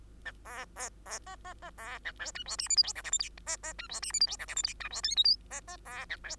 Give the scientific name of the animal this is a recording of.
Lonchura striata domestica